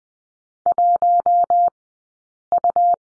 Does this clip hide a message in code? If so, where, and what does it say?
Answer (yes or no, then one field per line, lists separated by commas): yes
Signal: Morse code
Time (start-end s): 0.7-2.9 s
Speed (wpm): 19 wpm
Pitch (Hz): 690 Hz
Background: none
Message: 1U